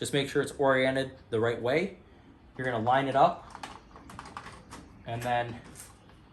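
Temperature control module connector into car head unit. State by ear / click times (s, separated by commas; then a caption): not seated / none. A temperature control module plug is lined up with the plastic socket of a Dasaita G13 head unit for a 2014-2019 Chevy Silverado / GMC Sierra. Someone talks while brief handling taps and rustles are heard. Nothing has seated or clicked yet.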